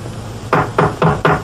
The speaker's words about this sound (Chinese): 嗯，啊，老师啊，你听唔到我系咁敲门嘅咩？